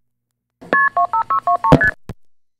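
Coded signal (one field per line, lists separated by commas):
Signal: multi-frequency trunk signalling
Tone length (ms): 110 ms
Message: KP25623ST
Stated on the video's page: Demonstration of MF trunk signalling tones on a telephone call, including an MF receiver and blue box.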